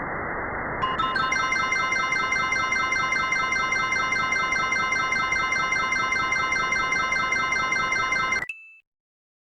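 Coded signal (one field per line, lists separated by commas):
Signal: none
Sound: video game sound effects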